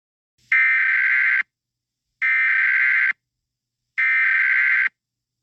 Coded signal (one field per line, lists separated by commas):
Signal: Emergency Alert System (SAME) tones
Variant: header bursts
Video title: EAS SCENARIO 17: Wenda's Revenge